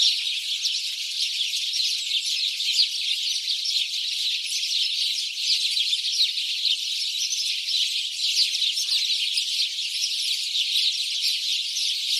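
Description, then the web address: Chattering house sparrows, countless short chirps blending into an unbroken, even-level flock noise from start to finish. "SETE Passer domesticus"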